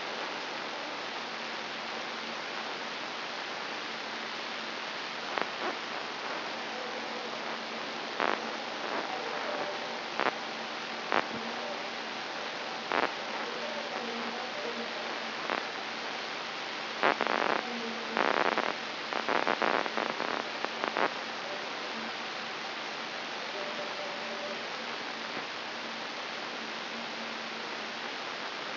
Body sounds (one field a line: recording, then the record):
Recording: brain microelectrode recording played as sound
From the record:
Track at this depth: inside the subthalamic nucleus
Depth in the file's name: 5.536 mm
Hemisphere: right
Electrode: 3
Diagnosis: Parkinson's disease